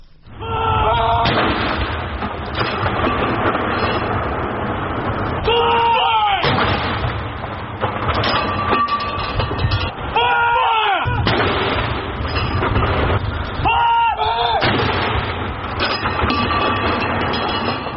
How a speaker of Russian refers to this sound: І тут таксама прагучаў вайсковы салют.